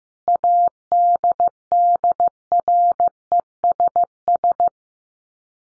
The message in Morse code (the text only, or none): ADDRESS